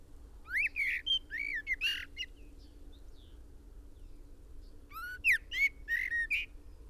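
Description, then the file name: Common blackbird whistling rapid runs of bending notes, one group early and another after five seconds, against a soft background hiss. "Turdus merula"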